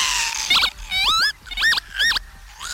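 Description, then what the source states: Northern lapwing giving shrill, wheezy, swooping notes that bend sharply up and down in several separate bursts, against a faint low hum. Played back on a radio programme; lives in Asia and northern Europe, seen in Spain in winter; call described as sounding artificial, like a robot or video game.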